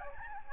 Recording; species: mosquito wingbeat signal from an infrared sensor; Aedes albopictus